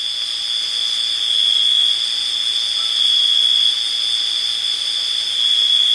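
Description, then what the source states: Insect chorus, a steady high shrill drone with a bright continuous tone and fainter overtones above, holding evenly throughout with slight swells in loudness. Summer evening, recorded July 17, 2023.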